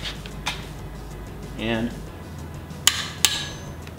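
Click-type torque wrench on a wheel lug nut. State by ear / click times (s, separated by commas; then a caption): torque reached / 2.9 s, 3.2 s. A click-type torque wrench on an extension tightens a wheel lug nut until it clicks at its set torque, amid low background hum and someone talking briefly. Sharp, bright clicks ring out at 2.9 s and 3.3 s, and the nut has reached the set torque.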